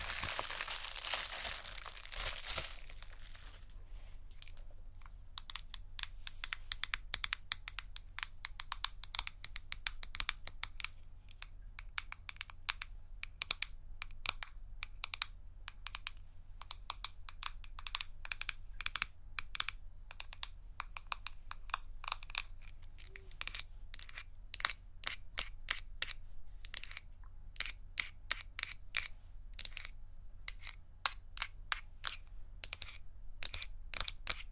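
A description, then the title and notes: Makeup triggers in close succession: sharp clicks, taps and crinkles that start sparse and grow denser and faster after about 15 seconds. The first two seconds carry a bright, rushing hiss. A low, steady hum runs underneath throughout. ASMR Makeup Triggers.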